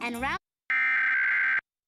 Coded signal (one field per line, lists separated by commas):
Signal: Emergency Alert System (SAME) tones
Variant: header bursts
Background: speech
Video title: EAS National Periodic Test During Elinor Wonders Why (10-4-23 WHUT-DT1)